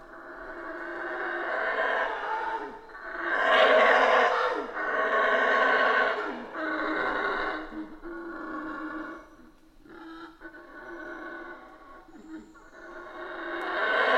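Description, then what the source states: Colombian red howler monkey howling: deep, rough roars swelling in long bursts of several seconds, separated by brief pauses, then fading to quieter grumbles before building again. Recorded in Guatemala.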